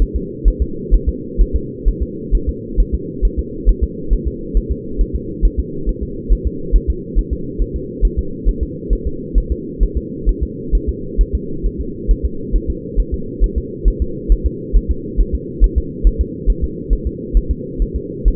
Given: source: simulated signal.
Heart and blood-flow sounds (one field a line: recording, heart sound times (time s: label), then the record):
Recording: fetal heart sounds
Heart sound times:
0.02 s: S1
0.16 s: S2
0.48 s: S1
0.62 s: S2
0.94 s: S1
1.09 s: S2
1.41 s: S1
1.56 s: S2
1.88 s: S1
2.03 s: S2
2.35 s: S1
2.49 s: S2
2.80 s: S1
2.94 s: S2
3.25 s: S1
3.39 s: S2
3.69 s: S1
3.83 s: S2
4.13 s: S1
4.27 s: S2
4.57 s: S1
4.71 s: S2
5.01 s: S1
5.15 s: S2
5.45 s: S1
5.59 s: S2
5.89 s: S1
6.03 s: S2
6.33 s: S1
6.47 s: S2
6.76 s: S1
6.90 s: S2
7.19 s: S1
7.33 s: S2
7.62 s: S1
7.76 s: S2
8.05 s: S1
8.19 s: S2
8.49 s: S1
8.63 s: S2
8.93 s: S1
9.07 s: S2
9.38 s: S1
9.52 s: S2
9.83 s: S1
9.97 s: S2
10.29 s: S1
10.43 s: S2
10.75 s: S1
10.89 s: S2
11.21 s: S1
11.35 s: S2
11.66 s: S1
11.81 s: S2
12.11 s: S1
12.25 s: S2
12.56 s: S1
12.70 s: S2
13.00 s: S1
13.14 s: S2
13.44 s: S1
13.58 s: S2
13.88 s: S1
14.02 s: S2
14.32 s: S1
14.46 s: S2
14.77 s: S1
14.91 s: S2
15.20 s: S1
15.35 s: S2
15.64 s: S1
15.78 s: S2
16.07 s: S1
16.21 s: S2
16.50 s: S1
16.64 s: S2
16.93 s: S1
17.07 s: S2
17.37 s: S1
17.51 s: S2
17.82 s: S1
17.96 s: S2
18.28 s: S1
From the record:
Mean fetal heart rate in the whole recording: 135 bpm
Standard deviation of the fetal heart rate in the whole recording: 3 bpm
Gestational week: 36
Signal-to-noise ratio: -4.3 dB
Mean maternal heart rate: 72 bpm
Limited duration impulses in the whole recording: present